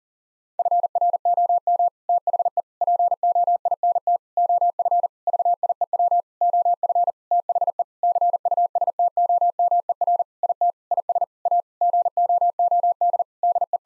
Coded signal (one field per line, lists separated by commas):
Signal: Morse code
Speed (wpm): 40 wpm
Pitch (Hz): 700 Hz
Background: none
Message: FROM THE POINT OF VIEW OF THE CUSTOMER IT IS A GOOD DE